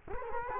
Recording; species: mosquito wingbeat signal from an infrared sensor; Culex quinquefasciatus